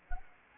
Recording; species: mosquito wingbeat signal from an infrared sensor; Anopheles gambiae